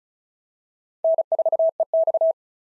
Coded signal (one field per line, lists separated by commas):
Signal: Morse code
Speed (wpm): 36 wpm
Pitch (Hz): 650 Hz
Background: none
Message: N4EX